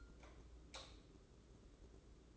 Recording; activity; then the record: daily activity, microphone in the room; light off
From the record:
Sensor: 3